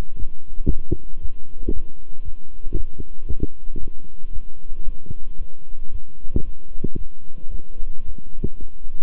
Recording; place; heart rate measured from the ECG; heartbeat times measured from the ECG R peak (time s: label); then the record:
heart sounds by stethoscope; between the tricuspid and mitral areas; 114 bpm
0.17 s: heartbeat
0.68 s: heartbeat
1.20 s: heartbeat
1.72 s: heartbeat
2.23 s: heartbeat
2.75 s: heartbeat
3.27 s: heartbeat
3.78 s: heartbeat
4.31 s: heartbeat
4.84 s: heartbeat
5.37 s: heartbeat
5.90 s: heartbeat
6.43 s: heartbeat
6.96 s: heartbeat
7.50 s: heartbeat
8.04 s: heartbeat
8.58 s: heartbeat
From the record:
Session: walking at 3.7 km/h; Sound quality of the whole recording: good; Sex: male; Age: 26 years